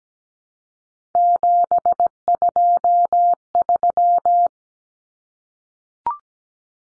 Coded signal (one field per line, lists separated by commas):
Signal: Morse code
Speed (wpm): 17 wpm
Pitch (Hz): 700 Hz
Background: none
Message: 723